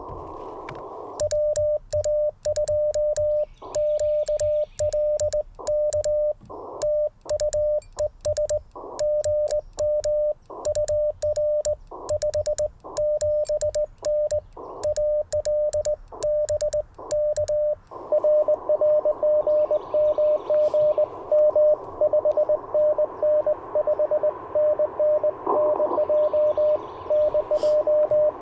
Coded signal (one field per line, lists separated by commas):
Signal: Morse code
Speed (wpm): 21 wpm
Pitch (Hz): 600 Hz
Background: radio noise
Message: WA2QLK TU ES GM UR 57N AL BK RR GM GM 5NN 5NN NJ NJ